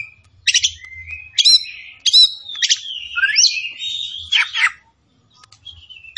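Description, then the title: Oriental magpie-robin song mixing buzzy bursts with long whistled notes that rise and fall, ending in a short pause and a final note. Tretes; singing vigorously, described as gacor. "Kacer Tretes Gacor"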